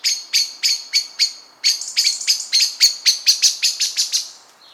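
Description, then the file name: Common blackbird calling with hard, metallic chinks, first spaced evenly, then speeding into a rapid, steady rattling series of clicks. "Turdus merula"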